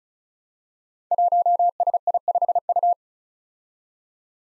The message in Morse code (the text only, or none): 1SI5U